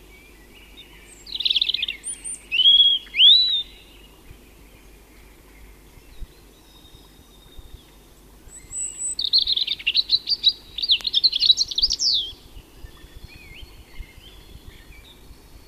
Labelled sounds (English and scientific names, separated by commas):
European Robin (Erithacus rubecula) song